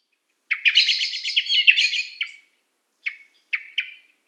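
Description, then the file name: Common blackbird giving a quick run of squeaky, chattering notes for about two seconds, then three short separate chirps after a pause. "Turdus merula"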